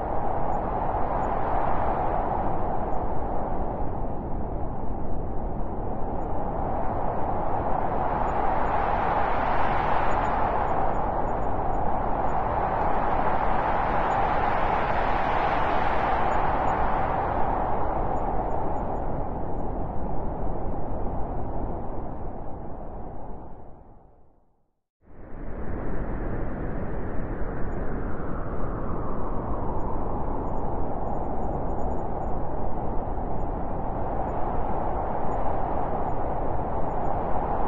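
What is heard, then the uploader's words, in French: Icy wind blows hard across the pack ice in a dense, steady roar, rising and easing in slow surges with a hollow whistling tone. Just before the 25-second mark it drops briefly to near silence, then the gusts return at full strength. Ce soir, c'est un épisode de bruit blanc que je te propose avec le vent glacial soufflant sur la banquise !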